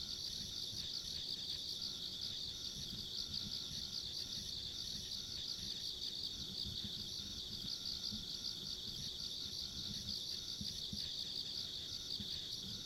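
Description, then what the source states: A constant high-pitched insect chorus rings without pause, with a thinner trill higher up and some low-frequency background noise. Ambient insect sounds along a rural country road.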